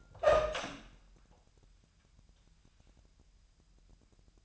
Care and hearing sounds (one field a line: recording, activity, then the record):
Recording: daily activity, microphone in the room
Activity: open door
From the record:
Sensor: 2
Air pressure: 998.2 hPa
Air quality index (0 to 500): 142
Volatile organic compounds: 4 ppm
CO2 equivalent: 1612 ppm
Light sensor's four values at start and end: 11/34/13/13 and 12/34/14/13